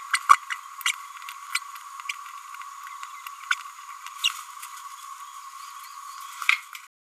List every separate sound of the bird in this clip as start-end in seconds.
0.29-0.37, 0.85-0.93, 1.54-1.60, 2.09-2.12, 3.50-3.55